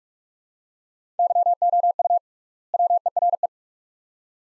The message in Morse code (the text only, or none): YOU WERE